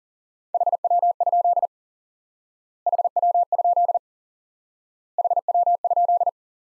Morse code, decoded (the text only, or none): HW? HW? HW?